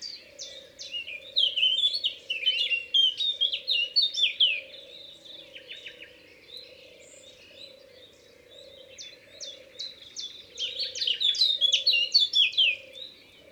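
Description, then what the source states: Eurasian blackcap song in two loud warbling bursts separated by a quieter stretch, with a low hollow note repeating beneath the whole recording. Recorded in Ardèche.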